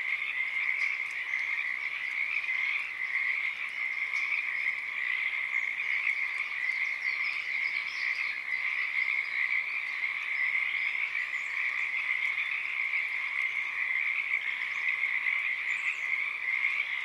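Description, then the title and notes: Many Pacific tree frogs calling together in a constant, even, crackling chorus with no breaks and nothing else standing out. Wild chorus starting and stopping, field recording, Oaks Bottom Wildlife Refuge, Portland, Oregon, USA, morning of Friday April 7 2023; calling uncommon at that time of day. "Oaks Bottom Frogs. Friday April 7th, 2023 at one of my favorite places in the universe: Oaks Bottom Wildlife Refuge, Portland, Oregon USA. This is the chorus of the Pacific Tree Frog starting and stopping. Field Sound"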